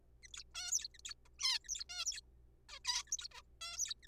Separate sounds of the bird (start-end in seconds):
0.23-0.27, 0.34-0.43, 0.55-0.71, 0.72-0.88, 0.94-0.98, 1.05-1.14, 1.39-1.58, 1.64-1.68, 1.69-1.83, 1.90-2.04, 2.06-2.20, 2.69-2.79, 2.85-3.02, 3.07-3.11, 3.12-3.17, 3.19-3.27, 3.31-3.41, 3.61-3.77, 3.77-3.94, 4.03-4.07